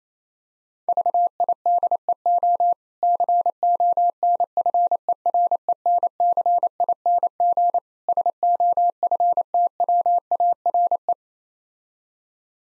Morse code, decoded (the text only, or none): VIDEO CONFERENCING SOFTWARE